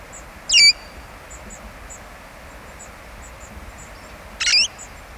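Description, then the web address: Red-fronted parrot calls: two loud, piercing squawks about four seconds apart, with soft high-pitched ticks running through a quiet hissing background. "parrots poicephalus-gulielmi"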